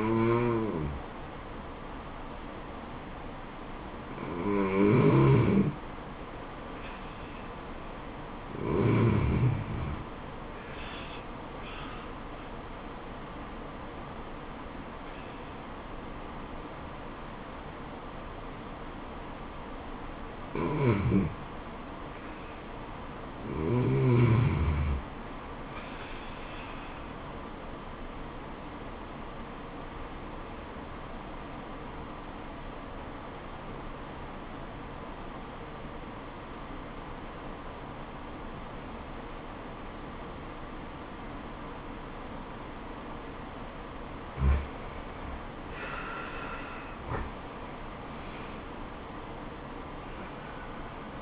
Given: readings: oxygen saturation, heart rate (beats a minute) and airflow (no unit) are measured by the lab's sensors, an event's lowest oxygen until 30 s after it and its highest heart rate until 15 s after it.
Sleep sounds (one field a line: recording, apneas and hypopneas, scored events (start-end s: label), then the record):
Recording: breathing in sleep by a voice recorder at the bedside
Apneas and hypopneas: 1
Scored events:
29.00-46.80 s: obstructive apnea (N2, oxygen 95% highest, then 93% lowest, heart rate 76 at the start, 81 highest)
48.00-51.22 s: new sleep stage, N1 (lightest sleep)
From the record:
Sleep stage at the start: N2 (light sleep)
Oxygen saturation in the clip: 92 to 95%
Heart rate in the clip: 71 to 81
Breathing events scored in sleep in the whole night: 426 in 7.4 hours asleep